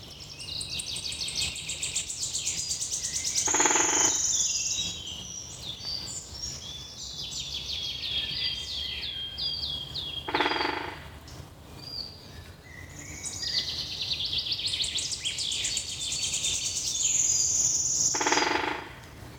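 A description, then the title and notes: Birds chirp and trill busily in high bursts, swelling around four and sixteen seconds, over a steady low rumble with occasional thumps. The Birds are Happy Today.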